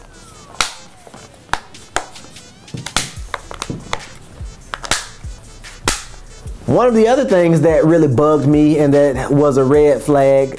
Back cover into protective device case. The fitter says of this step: you should put the back on and you should start to apply pressure until you hear a snapping sound